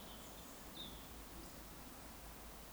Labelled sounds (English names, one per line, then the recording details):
Eurasian Woodcock whistle
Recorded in Baden-Württemberg, Germany, on 18 June 2021 at 19:24 UTC
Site 49334, 1074 m above sea level